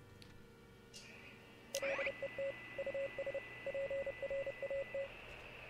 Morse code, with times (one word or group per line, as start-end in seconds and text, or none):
1.7-2.5 LET
2.8-3.4 US
3.7-5.1 PRAT